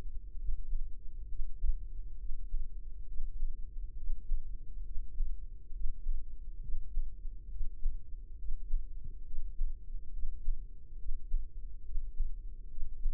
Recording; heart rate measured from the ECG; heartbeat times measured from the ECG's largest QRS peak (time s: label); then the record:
heart sounds by microphone in the left ear; 68 bpm
0.35 s: heartbeat
1.25 s: heartbeat
2.15 s: heartbeat
3.04 s: heartbeat
3.93 s: heartbeat
4.82 s: heartbeat
5.70 s: heartbeat
6.59 s: heartbeat
7.47 s: heartbeat
8.35 s: heartbeat
9.23 s: heartbeat
10.10 s: heartbeat
10.95 s: heartbeat
11.82 s: heartbeat
12.67 s: heartbeat
From the record:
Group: healthy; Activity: breath hold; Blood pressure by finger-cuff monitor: 117/79 mmHg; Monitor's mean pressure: 90 mmHg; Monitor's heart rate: 68 bpm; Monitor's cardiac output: 4.4 L/min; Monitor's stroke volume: 65 mL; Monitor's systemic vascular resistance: 1490 dyn s/cm5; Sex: female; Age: 43 years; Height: 160 cm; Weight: 90 kg